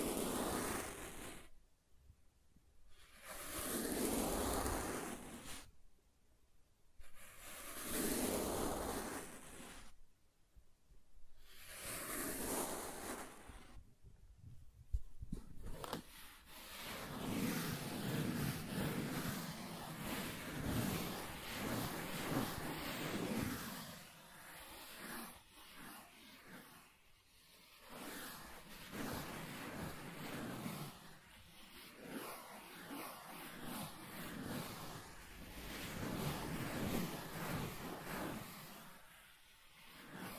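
Soft tracing on surfaces, starting with long, airy strokes separated by brief pauses every few seconds. After about fifteen seconds the sound turns continuous: a grainy, scratchier rubbing with a fuller low end that swells and eases without stopping.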